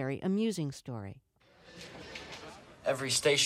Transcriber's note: Soundbite of Shattered Glass